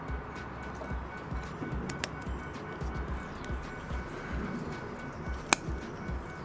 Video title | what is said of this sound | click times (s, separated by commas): Ford Ranger Tail Light Install. | Just like that, you'll hear it click. | 5.5 s